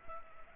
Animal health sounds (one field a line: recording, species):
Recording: mosquito wingbeat signal from an infrared sensor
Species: Culex pipiens